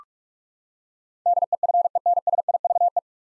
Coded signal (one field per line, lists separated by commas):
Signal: Morse code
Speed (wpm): 42 wpm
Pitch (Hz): 700 Hz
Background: none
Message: DEFENSIVE